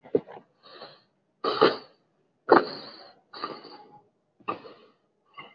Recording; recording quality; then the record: shallow breathing; excellent, no background noise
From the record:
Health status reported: COVID-19 positive, mild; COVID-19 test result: positive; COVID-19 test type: rapid antigen test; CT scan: not taken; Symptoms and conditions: fever, fatigue, muscle pain, asthma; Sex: male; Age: 30 years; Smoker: no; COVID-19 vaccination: both doses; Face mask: worn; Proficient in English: no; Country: India